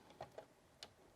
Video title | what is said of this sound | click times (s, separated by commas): BEST 4K Video Editing PC Build on a $2500 Budget - Ryzen 3900X - NVIDA GeForce RTX 2070 Super | connect that in there till it clicks, | 0.8 s